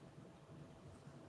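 A plastic switch cover is being handled and pressed toward the housing of a Line 6 G30 wireless guitar transmitter during a switch repair. Only a steady, low rumbling noise with faint broadband hiss is heard, with no distinct snap. Nothing has seated or clicked yet.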